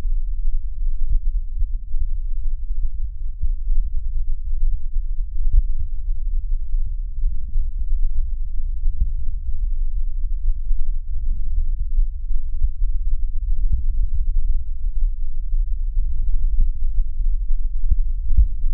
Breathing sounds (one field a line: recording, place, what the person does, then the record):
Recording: lung sounds by stethoscope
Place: left anterior apical chest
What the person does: quiet breathing, then deep breathing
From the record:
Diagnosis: COPD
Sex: male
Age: 72 years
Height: 172 cm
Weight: 58.6 kg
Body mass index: 19.8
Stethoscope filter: bell mode